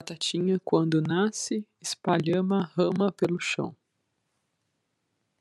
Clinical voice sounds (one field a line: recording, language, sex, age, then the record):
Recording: short text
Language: Brazilian Portuguese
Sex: female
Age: 30 to 39 years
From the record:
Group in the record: control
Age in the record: 38 years